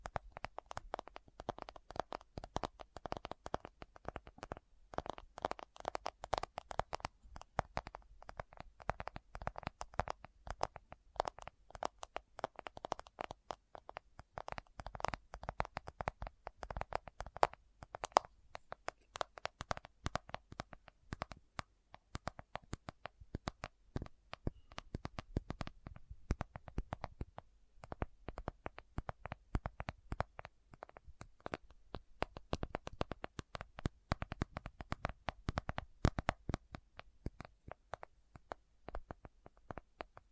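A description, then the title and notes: Someone rummages through a bag, with dense, irregular rustling and crinkling clicks that continue for the whole stretch without a pause. The handling comes in quick, uneven bursts, with one sharper knock around eighteen seconds, over a faint low hum. ASMR What's In My Bag (No Talking).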